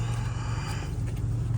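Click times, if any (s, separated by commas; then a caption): none. A wiring harness connector is pushed straight onto the engine control module of a Cadillac ATS 2.0L/2.5L, and its plastic connector position lock is being pulled up. Only a steady low hum with a faint broadband wash is heard, with no sharp sounds. Nothing has seated or clicked yet.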